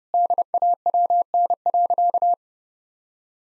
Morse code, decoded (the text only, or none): DAWN.